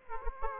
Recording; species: mosquito wingbeat signal from an infrared sensor; Aedes aegypti